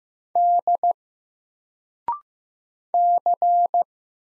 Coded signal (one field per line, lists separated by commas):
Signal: Morse code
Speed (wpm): 15 wpm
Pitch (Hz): 700 Hz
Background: none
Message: D C